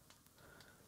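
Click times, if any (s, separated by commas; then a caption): none. An RJ45 keystone module is pushed by hand into its slot in a keystone patch panel. Only faint handling noise is heard, with two brief taps around 0.1 s and 0.3 s. Nothing has seated or clicked into place yet.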